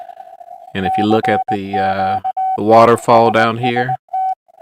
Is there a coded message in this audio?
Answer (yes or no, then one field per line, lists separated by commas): yes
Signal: Morse code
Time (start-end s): 0.9-4.3 s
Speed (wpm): 18 wpm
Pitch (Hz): 750 Hz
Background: speech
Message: CQ SST